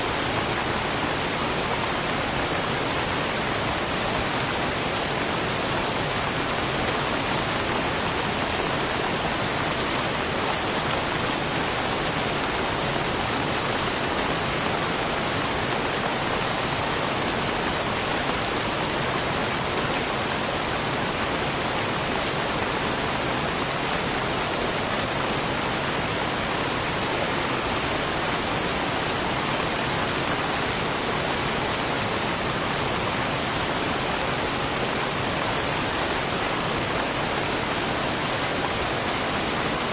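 Falling water and rain blend into a dense, unbroken rushing hiss, steady and full from deep rumble to bright spray for the whole stretch.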